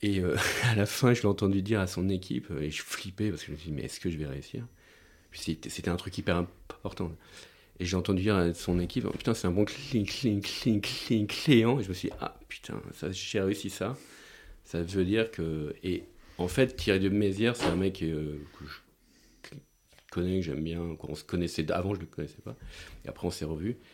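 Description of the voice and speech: A man speaks French at a conversational pace, with rapid part-word repetitions ("cl-cl-cl-client"), repeated words ("c'était c'était"), stretched sounds and filled pauses. These are stuttering disfluencies in an adult TV producer and author who has stuttered since early childhood.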